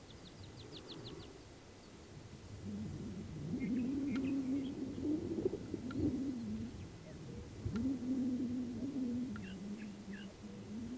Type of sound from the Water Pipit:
song